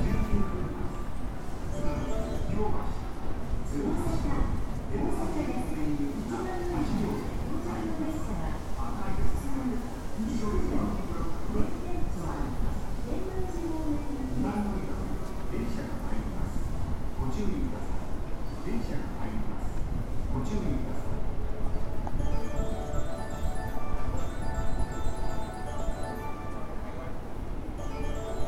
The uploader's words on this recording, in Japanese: JR西日本 323系 環状線外回り 大阪から鶴橋まで。JR西日本 323系電車の走行音です。大阪環状線外回りの普通列車で録音しました。